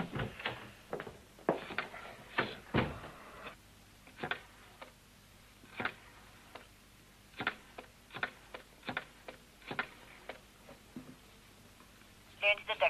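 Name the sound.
telephone number being dialed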